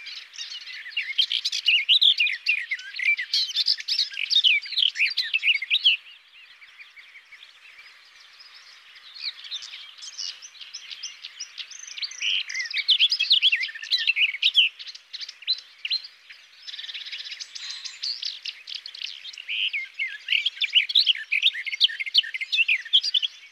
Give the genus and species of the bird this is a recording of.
Sylvia borin